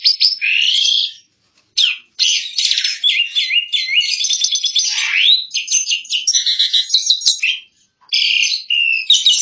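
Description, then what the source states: Asian pied starling song: a continuous stream of mixed whistles, squeaks and rising and falling slurred notes, with brief gaps. Song compilation of various birds for tutoring songbirds (masteran).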